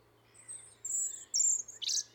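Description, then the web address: European robin high, thin drawn-out whistles followed by a brief shrill burst, over a quiet background. "SETE data Erithacus rubecula"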